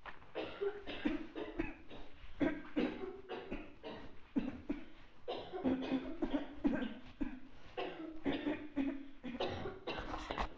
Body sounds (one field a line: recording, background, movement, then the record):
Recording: throat clearing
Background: a bystander coughing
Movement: walking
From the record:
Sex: female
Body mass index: 36.4 kg/m2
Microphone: on the chest, facing outward